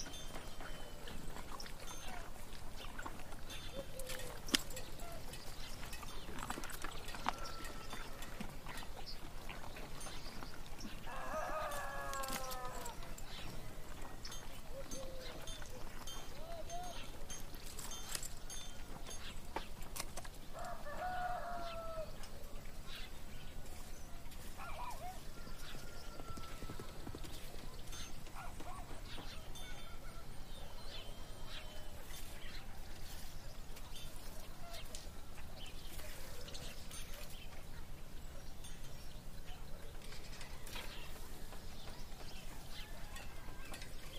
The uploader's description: birds singing, people in the town doing their work, horse carts and farm animals